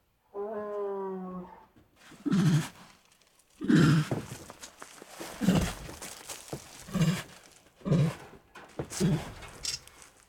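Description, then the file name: Siberian tiger moaning: one long, steady, deep tonal moan, then a series of short, low, throaty grunting moans at roughly one- to two-second intervals. Distressed moans of a Siberian tiger. "Siberian Tiger Distressed Moans 2 [Sound Ideas]"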